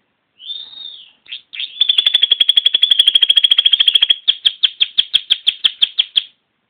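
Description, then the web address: Canary giving a brief whistle, then a very fast rolling trill followed by distinct, evenly spaced repeated notes. "Bird Songs Canary"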